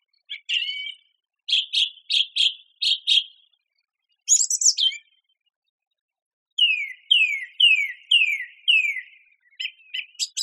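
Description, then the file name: Song thrush song, repeating each phrase: a clipped note given several times, a high scratchy burst, then a falling whistled slur repeated several times. "suara-kicauan-burung-song-thrush -omkicau"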